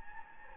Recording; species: mosquito wingbeat signal from an infrared sensor; Anopheles gambiae